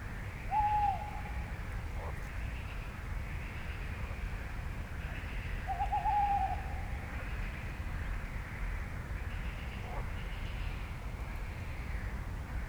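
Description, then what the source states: Tawny Owl calls: two drawn-out, level tonal notes about five seconds apart, over a steady hiss and a soft, buzzy frog chorus. At night around 01:30, over the Roselière des Gourgues reedbed, Fenouillet, France; reedbed fallen silent, frog chorus moved into the distance, probably on the lake; sound-trap recording.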